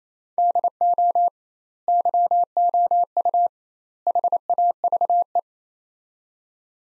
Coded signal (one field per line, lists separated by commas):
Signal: Morse code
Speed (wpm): 27 wpm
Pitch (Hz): 700 Hz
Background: none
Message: DO YOU HAVE